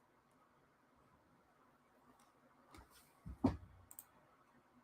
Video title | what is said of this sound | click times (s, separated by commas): Moderoid Magic Knight Rayearth Ceres - Live Build and Review! Gunpla Hangar Ep. 130 | and that all locks into place. That all locks into place. | 3.9 s, 4.0 s